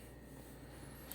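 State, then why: Seated. A plastic nozzle cap on a Batavia electric paint sprayer head is turned from the vertical to the round spray pattern, going stiff as it reaches the stop. Over a steady low hum, a small, sharp click is heard at 1.1 s as the nozzle seats in the round-pattern position.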